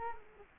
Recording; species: mosquito wingbeat signal from an infrared sensor; Culex quinquefasciatus